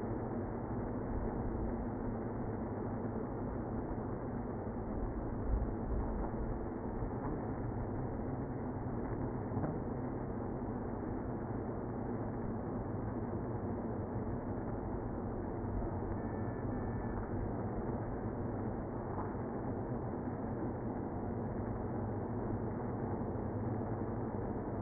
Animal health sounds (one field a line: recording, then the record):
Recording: honeybee colony, microphone inside the hive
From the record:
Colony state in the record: queenless (queen removed)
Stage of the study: after two queens were removed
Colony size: about 60,000 bees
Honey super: yes